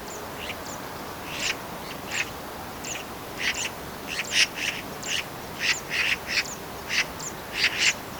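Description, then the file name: Eurasian magpie giving harsh, clipped chatter notes in a loose, irregular series. "Pica pica"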